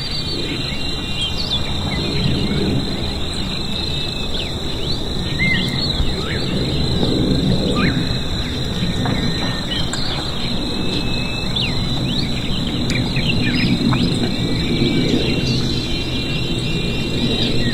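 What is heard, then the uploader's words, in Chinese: In an open field by a stone bridge, a steady high insect drone runs throughout over a low rumbling outdoor wash, with scattered faint chirps. 空旷田野的石桥上听大自然的奏鸣曲。声音都是我亲自去田野里录的。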